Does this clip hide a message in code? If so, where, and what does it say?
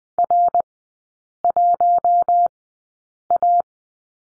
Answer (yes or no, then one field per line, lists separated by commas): yes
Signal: Morse code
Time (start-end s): 0.2-3.6 s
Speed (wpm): 20 wpm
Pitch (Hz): 700 Hz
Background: none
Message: R1A